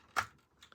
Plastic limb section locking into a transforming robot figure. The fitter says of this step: push this all the way forward until it locks.